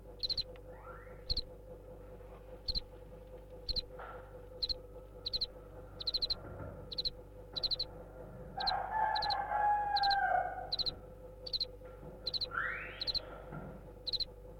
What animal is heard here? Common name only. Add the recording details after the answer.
House Cricket. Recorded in captivity. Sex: male. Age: imago. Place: DE. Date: 1962-02-06 14:00. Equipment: Smaragd, Grundig-Mikrofon. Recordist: unbekannt, keine Angabe. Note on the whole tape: Versuch 7: Balzgesang von Männchen 1, nachdem Weibchen ca. 14.00 Uhr hereingelassen wurde